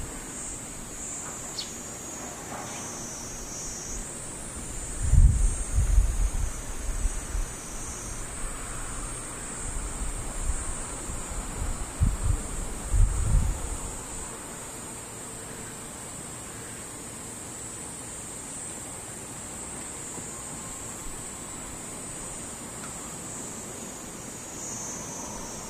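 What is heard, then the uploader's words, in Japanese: Cicadas drone without pause in a thin, very high buzz that holds steady for the whole clip, its pitch stepping up slightly a few times. Low rumbling gusts, like wind or a passing vehicle, swell around five seconds and again near twelve to fourteen seconds. トリ無音セミ。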